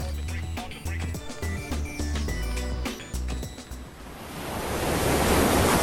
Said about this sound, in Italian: Ma guarda quelle onde, Johnny. Guardale!